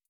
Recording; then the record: hydrophone in a shrimp aquaculture tank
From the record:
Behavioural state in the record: stressed